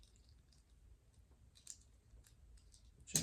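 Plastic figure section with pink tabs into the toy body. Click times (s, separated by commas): 1.7 s, 3.2 s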